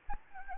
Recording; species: mosquito wingbeat signal from an infrared sensor; Anopheles gambiae